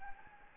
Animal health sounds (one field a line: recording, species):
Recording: mosquito wingbeat signal from an infrared sensor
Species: Anopheles gambiae